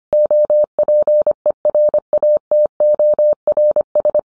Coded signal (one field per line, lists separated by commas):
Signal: Morse code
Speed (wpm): 25 wpm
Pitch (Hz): 600 Hz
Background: none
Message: OPERATORS